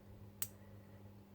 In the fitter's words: There's a click when you put it in, but it's not solid.